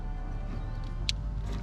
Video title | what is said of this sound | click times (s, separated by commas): Audi RS7 performance How to install Race Chip tuning module for an extra 95 Hp and 136 lb ft Tq. | You can hear it snap into place. | 1.1 s